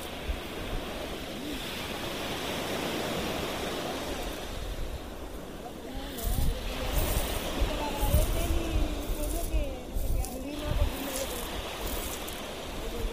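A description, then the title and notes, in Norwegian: Beach ambience with a dense, steady wash of surf and murmuring voices, growing busier after six seconds with brief low thumps and bright clatters. Opptak fra stranda i Barcelona.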